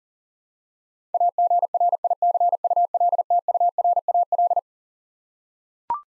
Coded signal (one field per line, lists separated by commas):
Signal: Morse code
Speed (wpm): 40 wpm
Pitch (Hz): 700 Hz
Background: none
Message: AGRICULTURAL